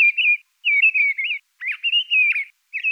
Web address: Turdus viscivorus